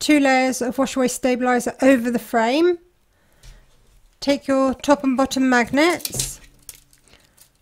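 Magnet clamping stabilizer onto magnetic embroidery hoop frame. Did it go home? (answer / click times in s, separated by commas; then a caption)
yes / 6.7 s. Top and bottom magnets of a magnetic embroidery hoop are brought onto two layers of wash-away stabilizer laid over the metal frame while someone talks. The magnet snaps into place with a sharp clack at 6.7 s, followed by a few faint ticks, and the hoop is seated.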